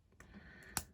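The plastic wheels of a small transforming toy car, which popped off by accident, are pushed back onto the plastic body. Two short, sharp clicks are heard at 0.2 s and 0.8 s, the second louder, and the wheels are seated back in place.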